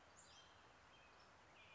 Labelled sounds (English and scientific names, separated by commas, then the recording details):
Cassin's Vireo (Vireo cassinii)
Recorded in Sonoma County, California